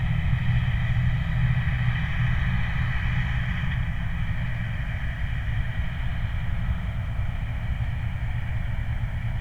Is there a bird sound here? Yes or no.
no